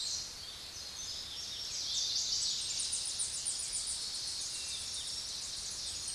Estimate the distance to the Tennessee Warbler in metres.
about 40 m